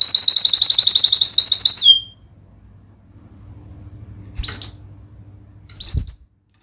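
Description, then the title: Canary song: a fast, rattling high trill for two seconds, then quiet broken by two short chirps. Vigorous canary singer ('gacor') praised for the best 'cengkok' song phrasing and the most luxurious 'isian' fill-in notes; Indonesian songbird-keeping (kicaumania) context. "Kenari Gacor Cengkok Terbaik Isian Paling Mewah Kenarigacor Kicaumania Kenari"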